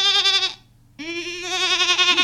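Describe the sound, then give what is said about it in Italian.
A goat peeking out of the doorway of a shack in a camp in Rome bleats loudly twice, each call a strained, wavering cry rich in harmonics, separated by a brief pause, with a faint low hum running underneath. “No, guarda, ci sta pure una capra che fa capolino dall'uscio di una baracca.”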